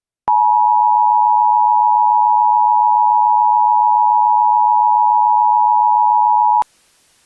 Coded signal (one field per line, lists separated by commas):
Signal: Emergency Alert System (SAME) tones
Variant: 853 and 960 Hz attention tone